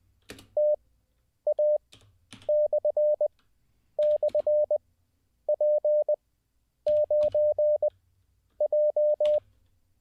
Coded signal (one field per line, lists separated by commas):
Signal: Morse code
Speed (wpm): 20 wpm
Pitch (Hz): 600 Hz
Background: none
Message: TA//P9J